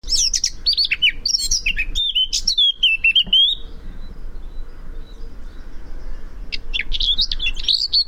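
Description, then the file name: Eurasian blackcap warbling: quick scratchy notes leading into a clear whistled phrase, a few seconds of near silence, then a fresh burst of high twittering. "Sylvia atricapilla"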